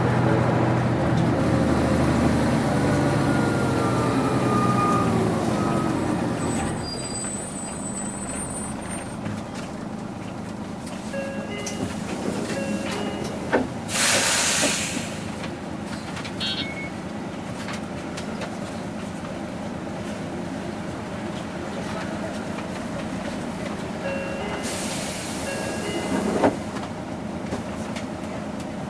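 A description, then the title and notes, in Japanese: A city bus engine rumbles low and loud for the first six seconds, then drops to a steadier, quieter hum. Sharp hissing bursts of air break through around fourteen and again around twenty-five seconds, with a brief knock near twenty-six. 都バス エンジン音。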